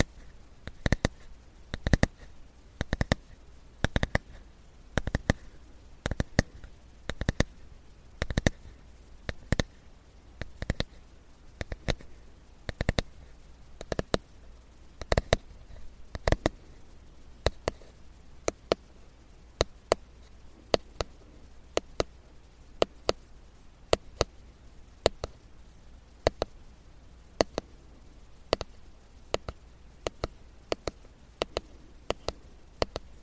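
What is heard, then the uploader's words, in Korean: A wooden comb makes sharp, dry clicks and taps, coming every half second or so in an uneven rhythm for the whole clip. Each tick is brief and crisp. Underneath sits a faint, steady low hum in an otherwise quiet small room. 나무 빗 소리.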